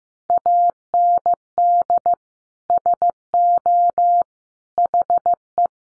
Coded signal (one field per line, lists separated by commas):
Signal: Morse code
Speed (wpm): 15 wpm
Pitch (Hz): 700 Hz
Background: none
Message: AND SO HE